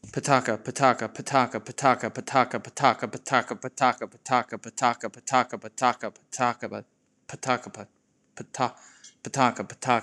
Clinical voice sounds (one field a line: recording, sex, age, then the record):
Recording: repeated syllables /pa ta ka/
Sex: male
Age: 30 to 39 years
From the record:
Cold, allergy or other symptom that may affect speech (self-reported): no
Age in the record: 31 years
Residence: New Jersey, United States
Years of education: 16